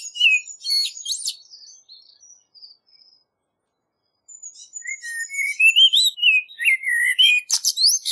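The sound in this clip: Common blackbird singing: a high twittery phrase fading out, a quiet gap, then a rich rising and falling fluty warble ending in sharp squeaky notes.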